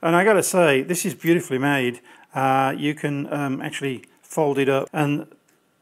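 A man talks throughout; by 5.9 s no sharp click is heard, only a faint tick near 5.5 s.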